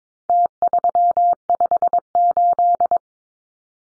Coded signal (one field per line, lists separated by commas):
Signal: Morse code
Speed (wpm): 22 wpm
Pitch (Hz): 700 Hz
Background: none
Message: T358